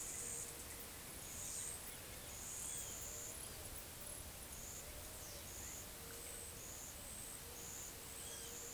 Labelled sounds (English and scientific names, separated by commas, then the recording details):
none
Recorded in forest near Pivijay, Magdalena, Colombia, on 3 June 2023 at 17:00
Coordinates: 10.467, -74.380
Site Z5-G034